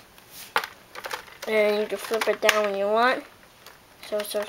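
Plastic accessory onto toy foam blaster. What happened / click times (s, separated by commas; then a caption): The plastic accessory clicked into place / 0.6 s. A plastic accessory is fitted onto a Rampage toy foam blaster after first being tried the wrong way round, and a sharp plastic click at 0.6 s shows it has seated in place. A few lighter handling clicks follow, and then someone talks.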